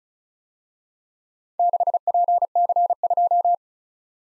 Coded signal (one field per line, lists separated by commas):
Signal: Morse code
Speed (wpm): 41 wpm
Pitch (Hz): 700 Hz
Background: none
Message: 6PC2